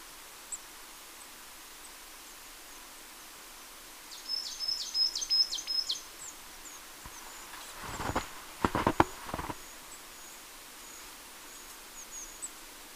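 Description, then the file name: Marsh tit giving a quick series of thin, high notes, followed by a few loud knocking thuds, over steady background hiss. "Poecile palustris"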